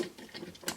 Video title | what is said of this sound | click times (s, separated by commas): Astro Ninja Steel Megazord Review [Power Rangers Ninja Steel] | I don't know if that's just mine there we go now it clicked into place I just didn't have it properly okay | 0.7 s